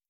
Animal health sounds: hydrophone in a shrimp aquaculture tank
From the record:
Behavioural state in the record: starved

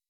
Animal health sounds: hydrophone in a shrimp aquaculture tank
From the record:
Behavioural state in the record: weakened

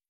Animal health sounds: hydrophone in a shrimp aquaculture tank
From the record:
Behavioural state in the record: feeding

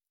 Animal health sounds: hydrophone in a shrimp aquaculture tank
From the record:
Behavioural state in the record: stressed

